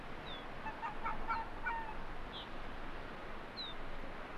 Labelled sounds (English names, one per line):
Arctic Fox